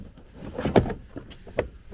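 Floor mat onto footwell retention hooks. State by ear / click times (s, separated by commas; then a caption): not seated / none. A molded all-weather TPE floor mat is placed into a Bronco's footwell and handled toward the floor retention hooks, with soft rubbery rustling and two short thuds at about 0.8 and 1.6 seconds. Nothing has seated or clicked into the hooks yet.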